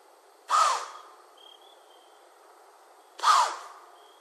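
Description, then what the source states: White-tailed deer blowing two harsh, airy snorts a few seconds apart. Recorded on 11 January 2012.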